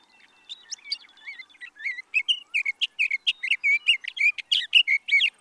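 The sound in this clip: Sage thrasher song starting quietly, then building into a quick series of sharp, varied notes.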